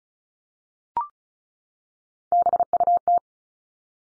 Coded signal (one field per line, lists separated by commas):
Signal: Morse code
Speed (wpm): 33 wpm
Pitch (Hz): 700 Hz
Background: none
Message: BUT